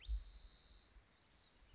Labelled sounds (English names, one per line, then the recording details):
Spotted Towhee
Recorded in Sonoma County, California